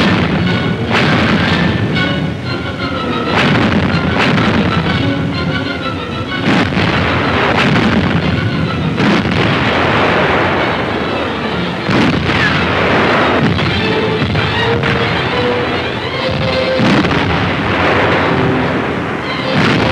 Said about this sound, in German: Die Angriffe zur See und zur Luft brechen im deutschen Abwehrfeuer zusammen. 49 feindliche Flugzeuge und zwei Zerstörer bleiben auf der Strecke.